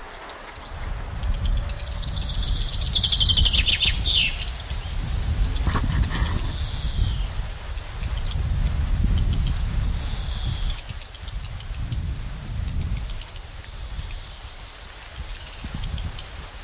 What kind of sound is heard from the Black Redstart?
alarm call